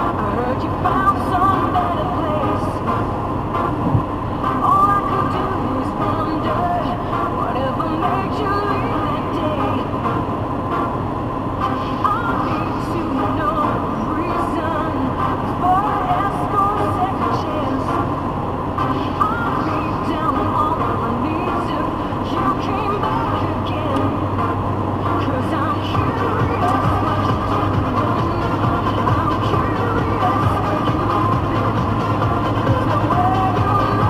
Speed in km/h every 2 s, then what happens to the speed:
107, 108, 108, 107, 108, 108, 106, 107, 107, 108, 109, 111, 114, 116, 118, 120, 122.
0-16 steady at about 107. 16-34 speeds up to 122.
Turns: none.